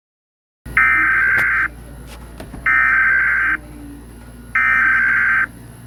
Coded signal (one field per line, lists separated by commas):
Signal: Emergency Alert System (SAME) tones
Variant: header bursts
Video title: Eas Scenario An anomaly hasbeen detected in your area